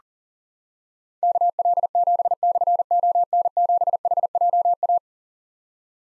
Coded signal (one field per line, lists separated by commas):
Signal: Morse code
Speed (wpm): 40 wpm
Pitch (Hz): 700 Hz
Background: none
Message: KL7/ON7HJA